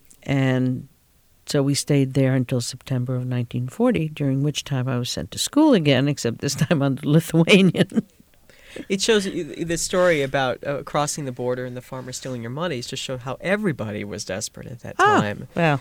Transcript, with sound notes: And so we stayed there until September of 1940, during which time I was sent to school again, except this time I'm Lithuanian. ( she laughs )
It shows, the story about crossing the border and the farmer stealing your money, just shows how everybody was desperate at that time.